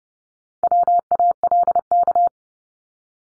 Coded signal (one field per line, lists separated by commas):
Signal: Morse code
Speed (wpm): 30 wpm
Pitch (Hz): 700 Hz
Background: none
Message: WALK